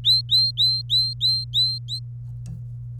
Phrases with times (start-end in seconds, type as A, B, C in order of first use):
0.04-1.99 A